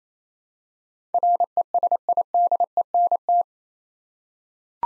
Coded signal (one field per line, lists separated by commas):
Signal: Morse code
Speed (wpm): 27 wpm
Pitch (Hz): 700 Hz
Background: none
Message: RESIDENT